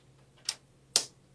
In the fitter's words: And I heard a loud click.